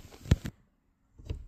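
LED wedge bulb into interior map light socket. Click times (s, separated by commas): 0.3 s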